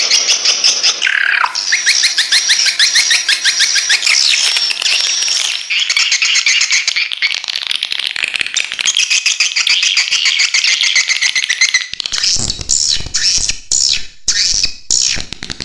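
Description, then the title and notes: Swiftlet chirping: a dense, unbroken chatter of high, rapidly pulsed twitters. The rhythm shifts into choppier, clicking bursts toward the end. Swiftlet lure sound used in bird farming in Asia. "Swiflet Bird Sound. Farming Swiflet Bird asia sound"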